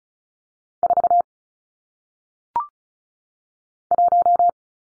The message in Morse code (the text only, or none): 4 1